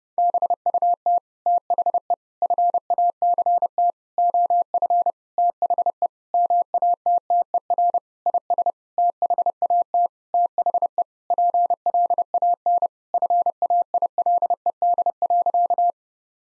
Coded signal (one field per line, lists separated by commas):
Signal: Morse code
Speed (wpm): 32 wpm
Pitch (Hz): 700 Hz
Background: none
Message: BUT THE FACT OF THE MATTER IS THAT THE PLAN FAILED.